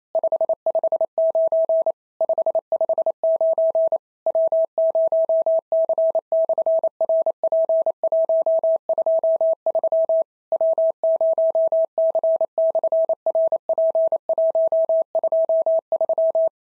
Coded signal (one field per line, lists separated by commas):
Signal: Morse code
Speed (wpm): 28 wpm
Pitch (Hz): 650 Hz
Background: none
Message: 559 559 W0C/RP123 W0C/RP123